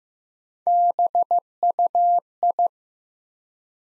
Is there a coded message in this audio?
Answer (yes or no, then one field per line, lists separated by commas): yes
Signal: Morse code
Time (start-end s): 0.7-2.7 s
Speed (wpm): 15 wpm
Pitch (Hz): 700 Hz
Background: none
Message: BUI